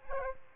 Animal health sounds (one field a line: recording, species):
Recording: mosquito wingbeat signal from an infrared sensor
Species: Aedes aegypti